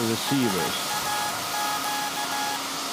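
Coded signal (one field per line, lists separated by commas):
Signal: Morse code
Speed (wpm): 15 wpm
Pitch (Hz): 840 Hz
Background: speech, music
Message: SAQ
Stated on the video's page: SAQ Alexanderson alternator from 1924, a pre-electronic VLF transmitter at Grimeton, Sweden, sending an anniversary message on UN Day, live.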